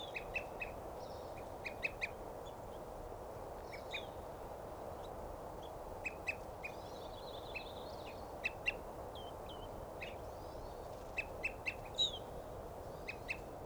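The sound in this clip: Evening Grosbeak calls: many short, sharp chirped notes, often in quick pairs or threes, scattered throughout, over a steady background noise.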